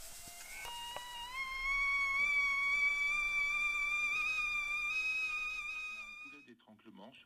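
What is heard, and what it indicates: For about six seconds a steady high-pitched hiss, like escaping steam, plays with a few sustained whistling tones that drift slightly upward. It simulates an adult's tinnitus of about fifteen years, a later, less pleasant form of ringing in the ears that began as a cicada-like sound. Brief muffled sounds follow.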